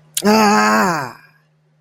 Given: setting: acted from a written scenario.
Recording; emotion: vocal sound without words; pride